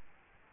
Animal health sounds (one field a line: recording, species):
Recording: mosquito wingbeat signal from an infrared sensor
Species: Culex quinquefasciatus